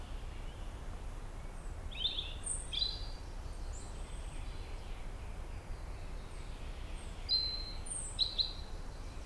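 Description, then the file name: European robin producing short, high, thin phrases of squeaky notes, two around the second second and two more near the end, over soft constant hiss. "Erithacus rubecula"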